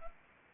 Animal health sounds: mosquito wingbeat signal from an infrared sensor; Anopheles arabiensis

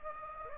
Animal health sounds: mosquito wingbeat signal from an infrared sensor; Anopheles gambiae

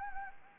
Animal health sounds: mosquito wingbeat signal from an infrared sensor; Anopheles gambiae

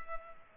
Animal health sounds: mosquito wingbeat signal from an infrared sensor; Culex pipiens

